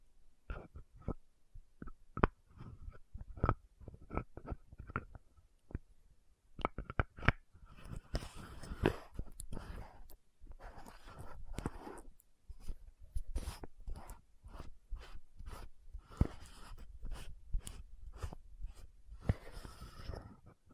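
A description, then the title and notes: Sharp taps and clicks on a bottle and its lid, at first spaced out and fairly regular, then quicker and denser. From around seven seconds, rough scratching sounds fill the gaps between the taps. Each hit is short and bright, with a dull low thump beneath. ASMR 10 Lid Sounds & Bottle Tapping, Scratching for Sleep 1Hr (No Talking).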